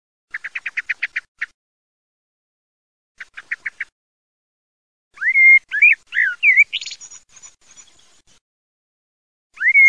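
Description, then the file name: Common blackbird song: a quick burst of dry clicking notes, a shorter repeat, then fluty whistled phrases with squeaky twittering after them, and a new phrase beginning. "MERLOMICHELE"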